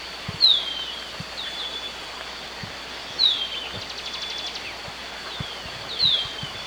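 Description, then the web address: Golden-faced tyrannulet: high, thin notes sliding downward, repeated roughly every three seconds, with a brief series of rapid ticking pulses between them and steady insect buzz. Ecuador. "Birds of Ecuador Golden-Faced Tyrannulet"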